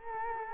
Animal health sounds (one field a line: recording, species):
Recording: mosquito wingbeat signal from an infrared sensor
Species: Culex quinquefasciatus